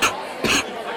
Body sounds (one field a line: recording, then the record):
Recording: coughing mixed with background sound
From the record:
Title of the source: 64 coughing, allergies, singing lungs